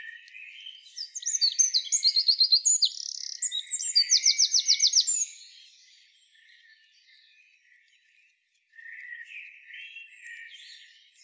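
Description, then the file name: Eurasian wren song, a loud rapid burst of high trills and buzzy rattles lasting about four seconds, followed by quieter chattering. "Troglodytes troglodytes"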